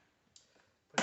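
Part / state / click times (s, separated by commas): plastic handle piece onto pressure washer body / seated / 1.0 s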